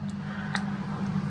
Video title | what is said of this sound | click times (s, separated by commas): apeman a80 review | make sure you push down to hear the click so it's locked in you don't want to lose that door so | 0.6 s